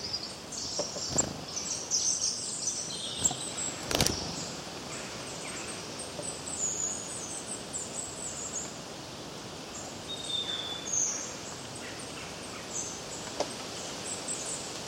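Birds chirping, with scattered high twittering notes and a short whistle later on, over continuous hiss and a couple of sharp clicks.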